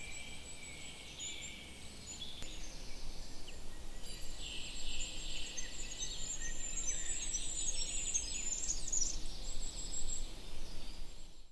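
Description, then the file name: Goldcrest giving very high, thin, rapidly repeated notes in bursts against steady background noise. "wintergoldhaehnchen"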